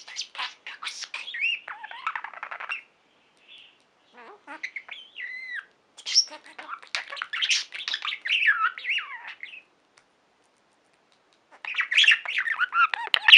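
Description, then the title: Budgerigar chattering in scratchy warbled phrases with squawks and brief whistled notes, pausing near three and ten seconds before resuming loudly at the end. "Budgie Sounds"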